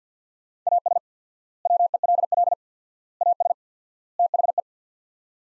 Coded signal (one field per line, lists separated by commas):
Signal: Morse code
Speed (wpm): 50 wpm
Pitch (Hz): 700 Hz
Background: none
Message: AS WELL AS THE